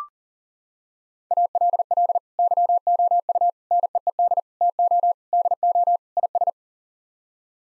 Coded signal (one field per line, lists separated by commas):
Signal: Morse code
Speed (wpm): 40 wpm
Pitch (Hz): 700 Hz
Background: none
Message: ALL YOU NEED TO DO IS